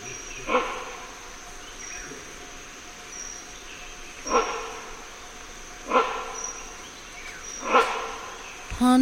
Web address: nilgirilangur